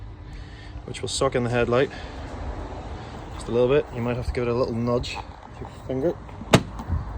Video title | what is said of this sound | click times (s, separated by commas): MASSIVE UPGRADE FOR THE 957 PORSCHE CAYENNE - 9YO LED HEADLIGHTS | till it clicks and that is that that's one side done as you can see | 6.5 s